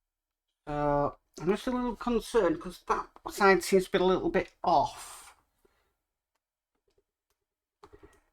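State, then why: Seated. Someone talks for about five seconds, worried that one side of a plastic/die-cast bridge section of a Bismarck model kit looks a little off. After a quiet pause, the bridge section is pressed onto its mount in the ship's superstructure, and a short, sharp click is heard at 7.8 seconds. The part is seated.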